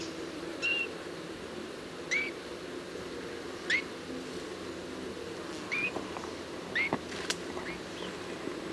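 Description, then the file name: Eurasian bullfinch calls, a series of several brief, soft whistled notes at irregular intervals, with faint background hum throughout. "Pyrrhula pyrrhula"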